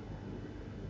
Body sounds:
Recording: background sound without coughing

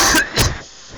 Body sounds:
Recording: coughing mixed with background sound

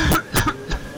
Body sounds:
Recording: coughing mixed with background sound

